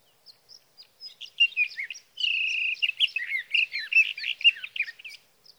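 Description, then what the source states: Sage thrasher song, soft scattered notes building into a steady tone and then a fast jumble of warbled phrases. Male singing through the night near his night roost, evenings June 12 to mornings June 15, 2018, Sierra Valley, California; Swift recorder.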